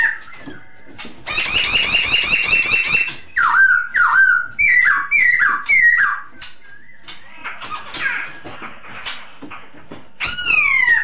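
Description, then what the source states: Masked laughingthrush song: a fast stuttering chatter, then a series of downslurred ringing notes, a quieter jumbled passage, and a final loud descending phrase. Lure song (suara pancingan) of the poksay hongkong.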